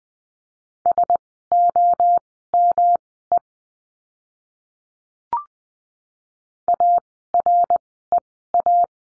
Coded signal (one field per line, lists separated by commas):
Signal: Morse code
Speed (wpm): 20 wpm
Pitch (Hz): 700 Hz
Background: none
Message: SOME AREA